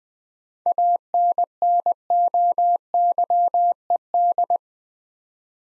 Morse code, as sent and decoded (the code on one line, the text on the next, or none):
.- -. -. --- -.-- . -..
ANNOYED